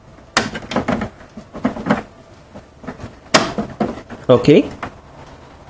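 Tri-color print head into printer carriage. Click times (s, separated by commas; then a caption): 0.4 s. A tri-color print head is pushed into the carriage of an HP Smart Tank 580 printer and seats with a sharp, loud click at 0.4 s. Further knocks and handling sounds follow, with another loud hit at 3.4 s, and someone talks.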